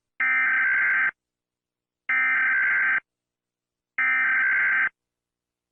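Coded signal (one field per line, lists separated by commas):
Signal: Emergency Alert System (SAME) tones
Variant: header bursts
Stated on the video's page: Fictional Texas fire EAS scenario; no real event portrayed.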